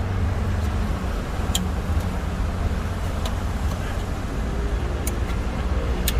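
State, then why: Seated. A small plastic plug on a screen-unlock wiring harness is pushed by hand into its mating socket on the head-unit connector in a Revo, Fortuner or Camry 2021 dash. Sharp clicks and taps come at about 1.6, 3.3 and 5.1 seconds over a steady low rumble. A strong final click at 6.1 seconds marks the plug seated.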